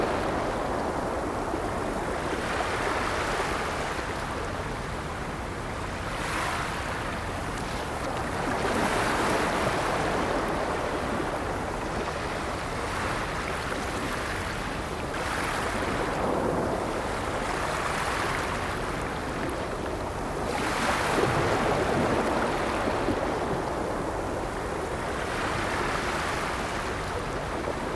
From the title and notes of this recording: Sound of Ocean Shore.